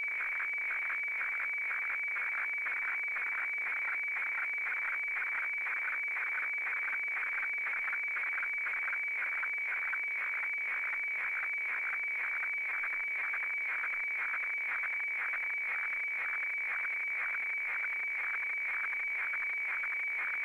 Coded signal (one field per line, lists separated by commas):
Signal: weather fax (radiofax)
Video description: Reception of an Australian Bureau of Meteorology broadcast of a weather FAX of high seas for Australian coastal areas from the VMW transmitter at Wiluna in Western Australia.